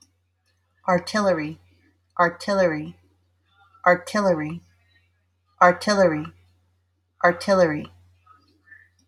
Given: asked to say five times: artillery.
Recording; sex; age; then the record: repeated word; female; 40 to 49 years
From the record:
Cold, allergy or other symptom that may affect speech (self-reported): no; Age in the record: 45 years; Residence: Virginia, United States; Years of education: 16